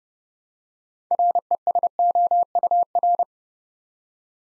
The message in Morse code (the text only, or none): RESOUR